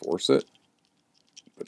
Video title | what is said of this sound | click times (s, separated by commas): Odd Brand Review DYDO Nissan Fairlady's | it just doesn't want to snap in it's giving me fits | none